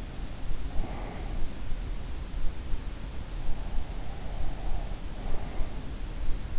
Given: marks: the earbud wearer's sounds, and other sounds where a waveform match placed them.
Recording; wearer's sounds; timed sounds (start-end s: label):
sounds in sleep by an in-ear microphone; breath
0.63-1.41 s: breath